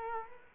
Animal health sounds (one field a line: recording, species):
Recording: mosquito wingbeat signal from an infrared sensor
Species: Culex quinquefasciatus